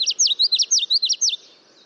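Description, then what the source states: Common Yellowthroat song: a fast series of bright, slurred whistled notes, ending after about one and a third seconds. Male song, remembered as 'witchity, witchity, witchity'; males may repeat the song 300 times an hour during the breeding season.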